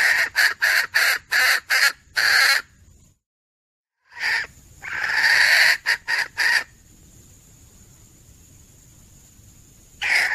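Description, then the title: Junglefowl calling in harsh, rapid clucks: a run of clucks, a pause, then a drawn-out rasping burst and more clucks, with a thin high whine behind. Female junglefowl; call used as a lure. "Suara Ayam Hutan Betina. suara pikat ayam hutan betina"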